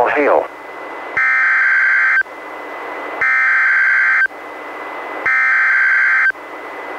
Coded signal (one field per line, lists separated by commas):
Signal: Emergency Alert System (SAME) tones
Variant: header bursts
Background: speech